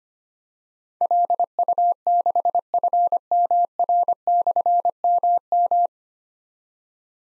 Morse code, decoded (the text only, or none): LU6FMR/MM